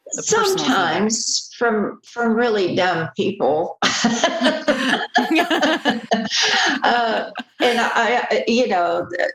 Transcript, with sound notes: Sometimes, from really dumb people. (laughter) And I, you know,